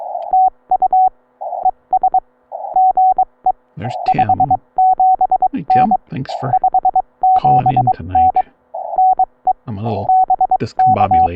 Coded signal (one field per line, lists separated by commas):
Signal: Morse code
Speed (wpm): 22 wpm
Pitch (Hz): 750 Hz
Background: radio noise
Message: TU ES GE 57N 57N NE BK